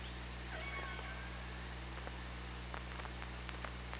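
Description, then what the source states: Orca calls: a few faint short tonal squeals near the start, then scattered clicks, over steady low underwater hum. Underwater OrcaLab hydrophone, 24 August 2017, at 15:59:40.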